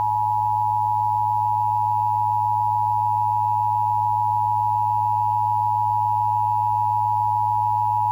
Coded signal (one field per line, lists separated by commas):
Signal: Emergency Alert System (SAME) tones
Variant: 853 and 960 Hz attention tone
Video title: Pennsylvania Required Monthly Tests (11/18/21)(EAS 986-991)